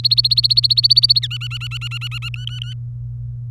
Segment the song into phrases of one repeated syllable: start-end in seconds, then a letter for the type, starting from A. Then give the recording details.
0.00-1.19 A, 1.22-2.29 B, 2.34-2.74 C. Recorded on 24 April 2018 at 10:04. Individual llb3